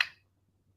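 A plastic clip inside a suitcase's compression system is pressed closed into its compression strap, giving one small, soft click at 0.0 s rather than a hard one, followed by a low steady hum. The click is faint enough that it is hard to tell whether the clip has locked, though it does seat and hold.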